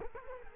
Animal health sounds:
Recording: mosquito wingbeat signal from an infrared sensor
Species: Culex quinquefasciatus

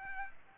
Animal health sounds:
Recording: mosquito wingbeat signal from an infrared sensor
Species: Aedes aegypti

